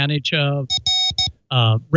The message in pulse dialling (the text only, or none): none